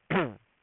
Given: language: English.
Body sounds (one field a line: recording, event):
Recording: throat vibration sensor signal played as sound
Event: throat clearing